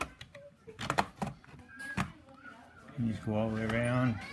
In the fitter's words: you'll hear it popping these